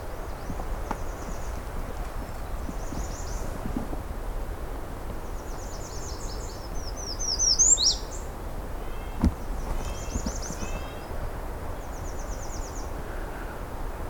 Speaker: really loud American redstart there for a second.